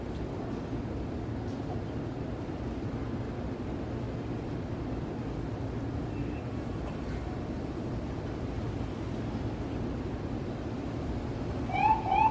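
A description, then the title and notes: A steady low rumble of city traffic fills the whole stretch, dense and even with little change in level. Faint voices and scattered small sounds drift through, and near the end a short rising whistle-like tone cuts in above the din. Open Window New York City Soundscape at Night. Midtown Manhattan City Sounds. City soundscape of Midtown New York City in binaural audio. This is a view of 33rd street from my hotel room in the evening. The audio is not looped and recorded on location.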